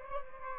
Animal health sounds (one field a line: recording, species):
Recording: mosquito wingbeat signal from an infrared sensor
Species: Aedes albopictus